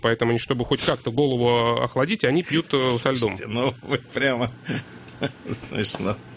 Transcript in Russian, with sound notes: Поэтому они чтобы хоть как-то голову охладить, они пьют со льдом. (смеется)
Слушайте, ну прямо, смешно.